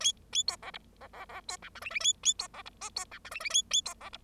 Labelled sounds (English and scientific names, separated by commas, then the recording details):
Bengalese Finch (Lonchura striata domestica) song
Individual Bird0